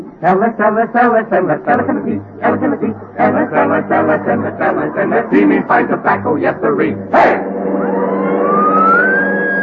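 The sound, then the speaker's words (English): In the Jack Benny Program radio comedy, a police car siren starts up after several seconds of lively talking, its single rising wail climbing steadily in pitch and holding loud over a low rumble until the end. “Oh, Wilson, get the police car.”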